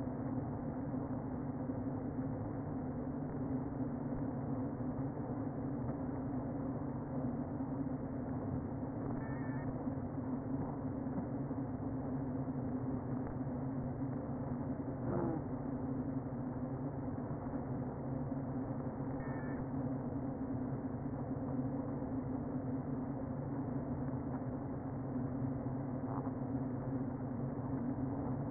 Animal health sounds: honeybee colony, microphone inside the hive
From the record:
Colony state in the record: queen present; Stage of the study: before two queens were removed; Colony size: about 60,000 bees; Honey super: yes

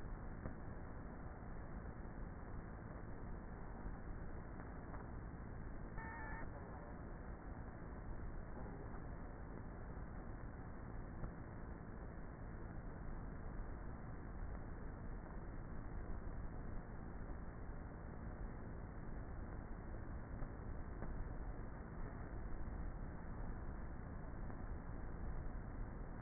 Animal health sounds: honeybee colony, microphone inside the hive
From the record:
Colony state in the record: queenless with a low population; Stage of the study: before two queens were removed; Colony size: about 30,000 bees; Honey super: no

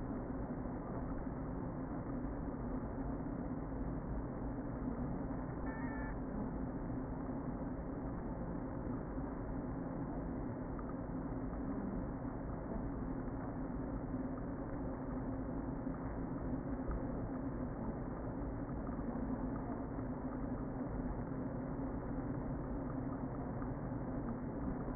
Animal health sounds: honeybee colony, microphone inside the hive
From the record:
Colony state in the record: queen present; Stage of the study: before two queens were removed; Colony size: about 60,000 bees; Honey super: yes

